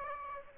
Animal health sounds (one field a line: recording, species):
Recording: mosquito wingbeat signal from an infrared sensor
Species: Aedes aegypti